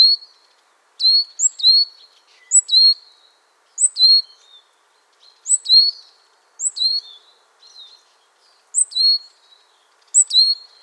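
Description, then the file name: Great tit giving bright high two-note phrases, a higher note then a lower one, repeated about every second with clean pauses between them. "Parus major"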